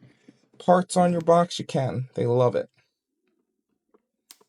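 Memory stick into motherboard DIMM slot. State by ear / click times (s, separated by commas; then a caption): partly seated / 4.3 s. Someone talks, then a second memory stick is pressed into a motherboard DIMM slot and gives a weak click at 4.3 s, not fully home. A faint tap comes just before it at 3.9 s.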